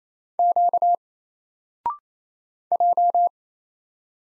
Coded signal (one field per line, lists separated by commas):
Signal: Morse code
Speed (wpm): 28 wpm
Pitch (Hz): 700 Hz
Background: none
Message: Q J